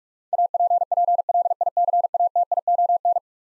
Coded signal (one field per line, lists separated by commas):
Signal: Morse code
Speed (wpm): 46 wpm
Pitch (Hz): 700 Hz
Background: none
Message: APPLICATION